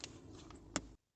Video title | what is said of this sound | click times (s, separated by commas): Is the Masigo A330D the BEST Dual Channel Dash Cam? | and you want to make sure you click in until you hear that little pop that means that clip is nicely seated | 0.8 s